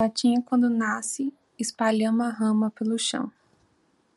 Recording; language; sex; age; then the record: short text; Brazilian Portuguese; female; 30 to 39 years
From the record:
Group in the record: control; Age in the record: 34 years